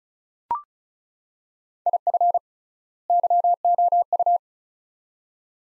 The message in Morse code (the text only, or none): IF YOU